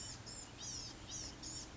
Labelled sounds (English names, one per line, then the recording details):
Blue-gray Gnatcatcher
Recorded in Sonoma County, California